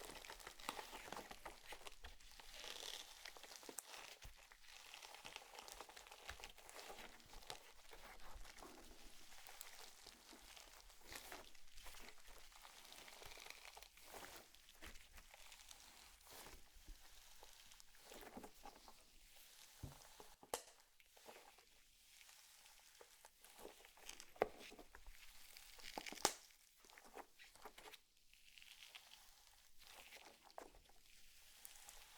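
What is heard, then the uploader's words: Slime being squished and stretched, giving a steady run of wet, sticky crackles and soft pops across the whole half minute. The sounds are dense and mostly bright, with sharper snaps standing out around 24 and 26 seconds. Satisfying ASMR Slime.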